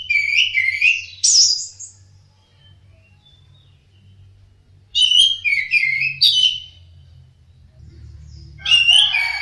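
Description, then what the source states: Orange-headed thrush singing rich whistled phrases mixed with chirps, in bursts separated by pauses of a few seconds, with a low hum underneath. Orange-headed thrush song in the ngeplong style.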